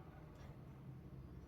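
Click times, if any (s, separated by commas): none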